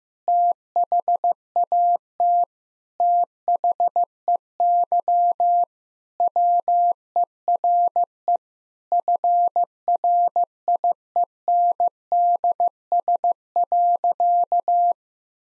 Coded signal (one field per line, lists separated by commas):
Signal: Morse code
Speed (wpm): 16 wpm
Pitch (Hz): 700 Hz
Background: none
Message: THAT THEY WERE FRIENDS.